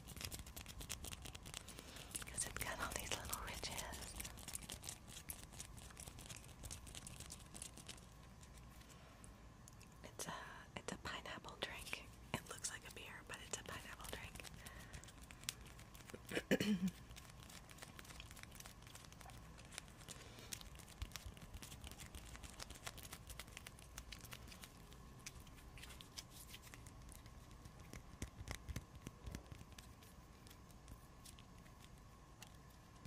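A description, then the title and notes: Icy, frozen triggers make dense crackling and tapping clicks, busiest in the first ten seconds, with scattered bursts around ten and seventeen seconds. ASMR icy frozen triggers // tapping and scratching.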